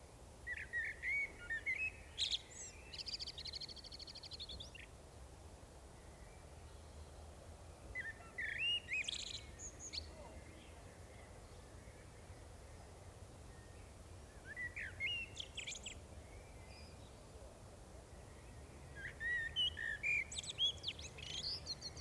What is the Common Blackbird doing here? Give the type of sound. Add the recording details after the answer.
song. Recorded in the wild. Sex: male. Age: adult. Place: Bielefeld-Mitte, Nordrhein-Westfalen, DE. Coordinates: 52.0078, 8.54778. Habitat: residential district. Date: 1969-06-28. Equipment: Uher 4000 Report-S, Bändchenmikro Beyer M 260, Parabolspiegel Polyester (470 mm). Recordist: Conrads, Klaus